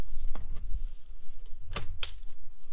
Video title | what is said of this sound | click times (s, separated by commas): Ego Blower 650 CFM | just snaps right in place | 2.0 s